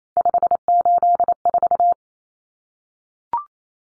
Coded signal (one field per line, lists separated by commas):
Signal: Morse code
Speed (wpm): 28 wpm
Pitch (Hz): 700 Hz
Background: none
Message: 584